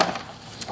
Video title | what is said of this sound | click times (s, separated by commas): Blitsy Sleepover Replay: Segment 1 | And it's magnetic, so it snaps in place, which is nice. | 0.0 s